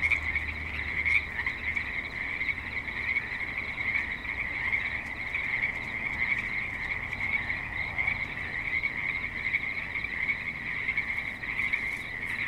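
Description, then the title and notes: Frog chorus of many overlapping croaking calls forming an unbroken drone, with a soft low hum of traffic at the start. Frogs at a creek in suburban Spanish Springs, Nevada, with light traffic and other suburban sounds. "Frogs in Spanish Springs, NV - creek view. Frogs with light traffic and other suburban sounds"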